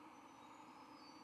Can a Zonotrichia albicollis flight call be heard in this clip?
no